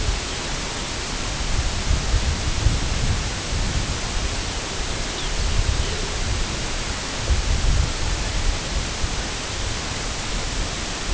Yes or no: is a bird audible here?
yes